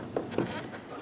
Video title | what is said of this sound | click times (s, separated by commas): How to Replace Active Grille Shutter 2012-2018 Ford Focus | Make sure you hear that click. | 0.2 s